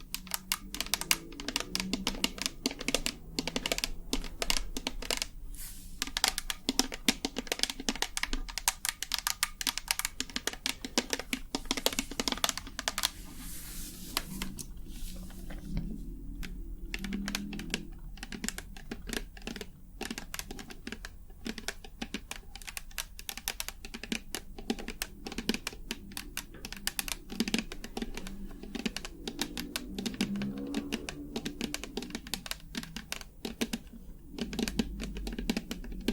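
Fast, irregular tapping runs through the whole stretch, like fingers clicking on a keyboard, with dense bursts of sharp clicks. A steady low hum sits underneath, and a faint murmur of voices rises and falls in the background, thinning slightly around the middle.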